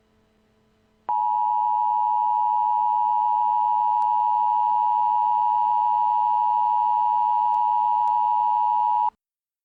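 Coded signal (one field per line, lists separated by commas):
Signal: Emergency Alert System (SAME) tones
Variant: 853 and 960 Hz attention tone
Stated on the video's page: Mock compilation built from real tornado warning and emergency EAS alerts with valid tones.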